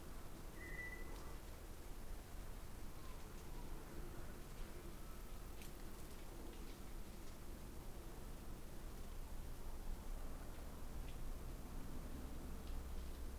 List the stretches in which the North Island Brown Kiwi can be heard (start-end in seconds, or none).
none